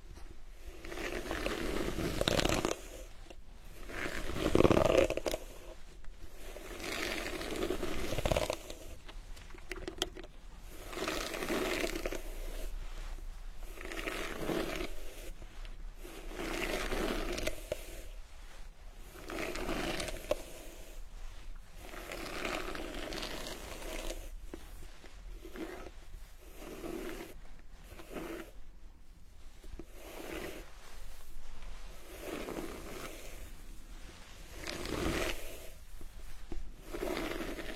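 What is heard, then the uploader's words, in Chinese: An immersive hair-washing session with scalp massage: soft, repeated rubbing and scratchy scraping sounds come in bursts throughout, broken by frequent short pauses. A louder swell of rubbing near five seconds, otherwise fairly even, with faint crinkling and a low murmur beneath. 沉浸式洗头体验 & 头皮按摩。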